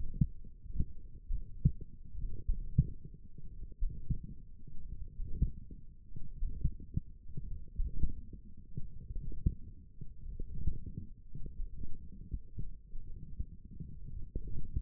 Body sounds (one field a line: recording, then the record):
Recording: forearm muscle sounds (acoustic myography)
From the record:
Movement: ulnar deviation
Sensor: system 1, eight BSWA MPA416 microphones around the upper forearm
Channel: 1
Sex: male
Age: 42 years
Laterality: right